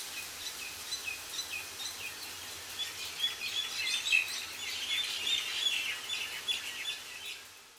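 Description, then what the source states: Several birds chirping in a busy chorus, with a clearer high whistled phrase repeated in the middle before the sound fades at the end. Countryside of Mauritius.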